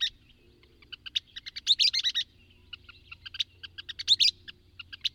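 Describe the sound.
Bird song: soft ticking notes build into loud bursts of rapid high chirps, two main bursts about two seconds apart.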